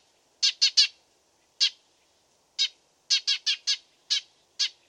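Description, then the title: Dead Sea sparrow uttering sharp chirps, first a quick triplet, then single notes spaced apart, then a faster run of several. Tutor track for training songbirds (masteran). "burung gereja dead sea masteran"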